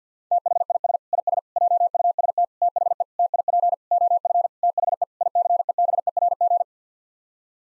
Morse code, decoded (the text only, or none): THIS IS JUST THE TIP OF THE ICEBERG